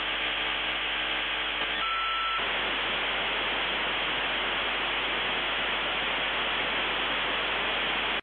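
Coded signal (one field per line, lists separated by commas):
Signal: dial-up modem handshake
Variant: 56k modem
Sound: low humming tones, a short high tone, then continuous harsh hiss until the end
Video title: Modem 56k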